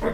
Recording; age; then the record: pig call; piglet (1 to 25 days)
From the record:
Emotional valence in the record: positive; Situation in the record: reunion after long isolation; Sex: female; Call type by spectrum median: low-frequency call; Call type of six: low-frequency tonal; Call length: 0.13 s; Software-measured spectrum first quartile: 255 Hz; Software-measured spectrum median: 480 Hz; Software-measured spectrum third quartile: 847 Hz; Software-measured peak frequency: 459 Hz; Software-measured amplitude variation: 90 dB a second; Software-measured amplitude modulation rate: 3.8 a second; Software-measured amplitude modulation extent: 24.0 dB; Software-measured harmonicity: 2.1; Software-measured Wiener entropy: -0.66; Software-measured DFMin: 1009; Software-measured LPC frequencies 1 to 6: 508, 1059, 1904, 3513, 4752, 5475 Hz